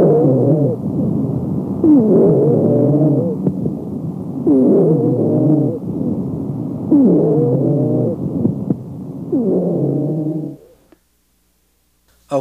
The sound of wheezing. Wheeze, sometimes called a ronchus, is a musical pulmonary sound.